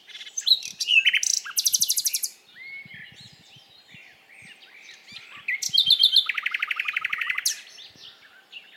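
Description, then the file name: Common nightingale song: loud rapid rattling trills and repeated sharp notes in two bursts, separated by softer notes. "Luscinia megarhynchos"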